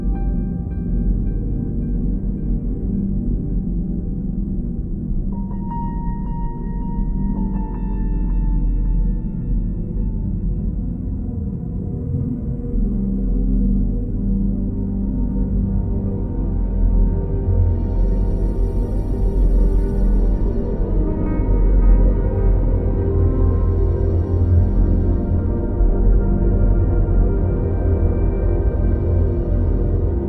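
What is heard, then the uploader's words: Binaural beats and sweet layers: a dense, steady low drone with a tone appearing around five seconds, brighter shimmering layers rising after fifteen. Binaural beats and sweet layers.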